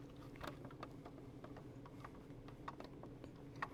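A forward torpedo-room assembly is slid into the hull of a 1:48 scale plastic Hachette partworks U96 U-boat model while its side panels are flexed out, producing a series of small plastic ticks and clicks. The loudest, sharpest snap at 3.6 s is the assembly clicking fully into place in the hull, confirmed as seated.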